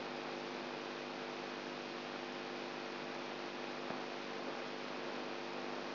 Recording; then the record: brain microelectrode recording played as sound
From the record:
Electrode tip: outside the subthalamic nucleus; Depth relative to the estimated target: 3 mm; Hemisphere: right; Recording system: AlphaMap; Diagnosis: Parkinson's disease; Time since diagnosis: 13 years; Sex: female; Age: 63 years